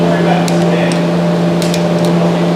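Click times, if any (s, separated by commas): 0.5 s, 1.6 s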